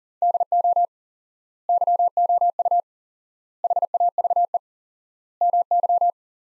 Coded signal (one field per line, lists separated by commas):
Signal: Morse code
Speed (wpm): 40 wpm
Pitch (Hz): 700 Hz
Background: none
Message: DO YOU HAVE MY